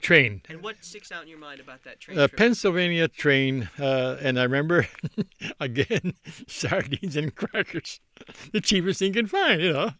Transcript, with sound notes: By train.
And what sticks out in your mind about that train ride?
Pennsylvania Train, and I remember (he laughs) again sardines and crackers. The cheapest thing you could find, you know.